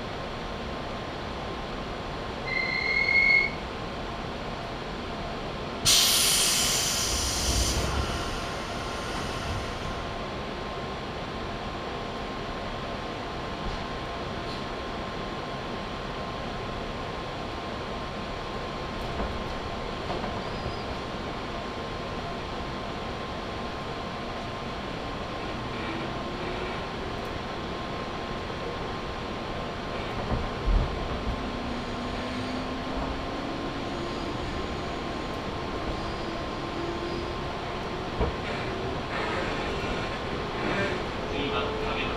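A ride on the Chuo West Line from Juunikane toward Kiso-Fukushima, with a steady rumble of the train running throughout and a faint constant tone above it. A loud bright burst hits around six seconds, with occasional clunks and a slowly rising whine near the end.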